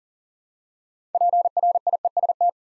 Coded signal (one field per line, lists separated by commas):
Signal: Morse code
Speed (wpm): 42 wpm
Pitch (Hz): 700 Hz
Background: none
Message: PRIEST